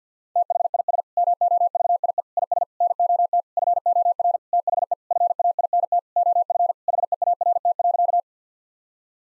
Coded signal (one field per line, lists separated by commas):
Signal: Morse code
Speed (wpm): 50 wpm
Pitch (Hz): 700 Hz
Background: none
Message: THIS MOVIE IS NOT FOR THE FAINT OF HEART.